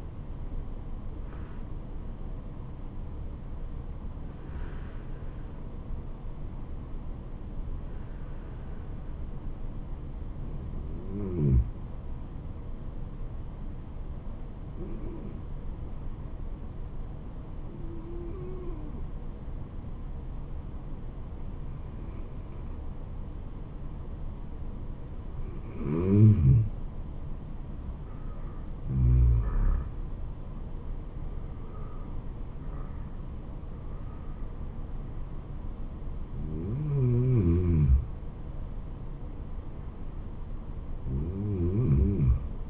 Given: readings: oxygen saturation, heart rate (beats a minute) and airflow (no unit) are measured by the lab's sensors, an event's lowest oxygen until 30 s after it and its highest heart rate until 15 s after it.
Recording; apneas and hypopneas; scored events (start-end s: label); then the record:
breathing in sleep by a smartphone at the bedside; 1
1.00-31.00 s: new sleep stage, N1 (lightest sleep)
7.00-28.10 s: hypopnea (N1, oxygen 96% highest, then 92% lowest, heart rate 76 at the start, 78 highest)
31.00-42.69 s: new sleep stage, N2 (light sleep)
From the record:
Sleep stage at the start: N2 (light sleep); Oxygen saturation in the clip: 92 to 96%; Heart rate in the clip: 70 to 78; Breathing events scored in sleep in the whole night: 426 in 7.4 hours asleep